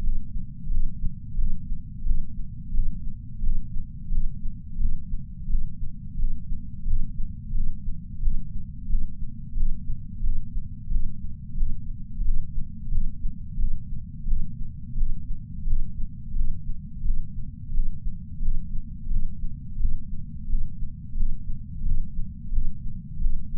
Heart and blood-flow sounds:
heart sounds by patch sensor on the chest; 88 bpm
0.04 s: heartbeat
0.71 s: heartbeat
1.38 s: heartbeat
2.06 s: heartbeat
2.74 s: heartbeat
3.43 s: heartbeat
4.12 s: heartbeat
4.80 s: heartbeat
5.50 s: heartbeat
6.19 s: heartbeat
6.87 s: heartbeat
7.55 s: heartbeat
8.22 s: heartbeat
8.90 s: heartbeat
9.57 s: heartbeat
10.24 s: heartbeat
10.91 s: heartbeat
11.57 s: heartbeat
12.25 s: heartbeat
12.92 s: heartbeat
13.59 s: heartbeat
14.28 s: heartbeat
14.97 s: heartbeat
15.67 s: heartbeat
16.36 s: heartbeat
17.05 s: heartbeat
17.74 s: heartbeat
18.42 s: heartbeat
19.11 s: heartbeat
19.80 s: heartbeat
20.49 s: heartbeat
21.17 s: heartbeat
21.86 s: heartbeat
22.53 s: heartbeat
23.21 s: heartbeat
From the record:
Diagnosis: coronary artery disease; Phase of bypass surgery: preoperative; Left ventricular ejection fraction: 64.4%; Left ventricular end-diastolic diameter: 43 mm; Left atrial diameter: 35 mm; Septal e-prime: 6.9 cm/s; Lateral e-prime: 11.4 cm/s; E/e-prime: 9.7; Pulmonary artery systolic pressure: 22 mmHg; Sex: female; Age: 58 years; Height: 155 cm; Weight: 55 kg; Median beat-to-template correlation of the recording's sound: 0.95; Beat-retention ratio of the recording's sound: 0.99

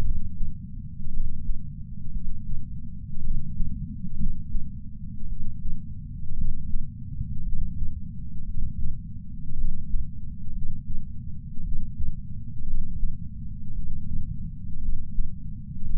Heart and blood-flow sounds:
heart sounds by patch sensor on the chest; 57 bpm
0.00 s: heartbeat
1.09 s: heartbeat
2.10 s: heartbeat
3.20 s: heartbeat
4.15 s: heartbeat
5.26 s: heartbeat
6.34 s: heartbeat
7.42 s: heartbeat
8.43 s: heartbeat
9.54 s: heartbeat
10.51 s: heartbeat
11.61 s: heartbeat
12.63 s: heartbeat
13.72 s: heartbeat
14.78 s: heartbeat
15.86 s: heartbeat
From the record:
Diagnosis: coronary artery disease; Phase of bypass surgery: postoperative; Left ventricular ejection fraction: 49.7%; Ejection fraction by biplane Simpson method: 50.5%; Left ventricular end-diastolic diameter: 55 mm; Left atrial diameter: 40 mm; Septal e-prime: 5.2 cm/s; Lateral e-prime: 9 cm/s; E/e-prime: 14.4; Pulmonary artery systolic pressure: 28 mmHg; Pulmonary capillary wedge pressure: 8 mmHg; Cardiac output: 4.15 L/min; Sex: male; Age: 73 years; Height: 165 cm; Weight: 70 kg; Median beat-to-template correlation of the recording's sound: 0.92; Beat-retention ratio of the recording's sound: 1.00

